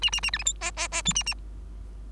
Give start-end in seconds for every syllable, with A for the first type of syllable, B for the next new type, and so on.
0.02-0.10 A, 0.12-0.21 A, 0.22-0.31 A, 0.33-0.38 B, 0.38-0.44 C, 0.45-0.53 D, 0.61-0.71 E, 0.76-0.88 E, 0.92-1.02 E, 1.05-1.13 F, 1.15-1.23 A, 1.26-1.34 A